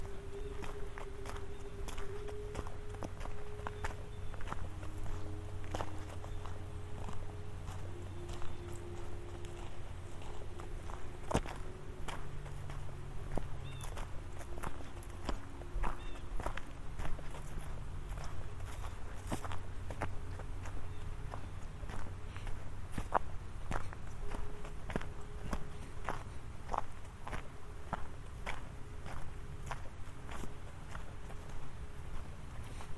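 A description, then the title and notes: Footsteps keep a steady, irregular pace throughout, each step a short crisp tap. Underneath runs a low, droning hum with wavering tones that shift in pitch every few seconds, like machinery or traffic. Featuring binaural recordings of walking (in the woods, in a park, and on the train) alongside highly processed versions Chopin’s Nocturnes that have been stretched, collapsed and aggressively gated and EQ’d.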